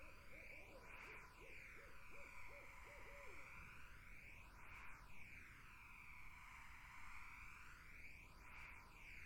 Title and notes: Barred Owls in a Summer Wetland. The Wild Life